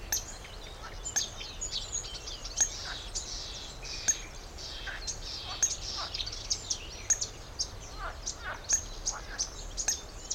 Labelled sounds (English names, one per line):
Marsh Warbler